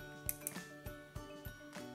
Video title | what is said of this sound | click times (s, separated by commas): Support indispensable pour son iMac ! | vous entendez un clic lorsqu'elle a verrouillé et | 0.3 s, 0.5 s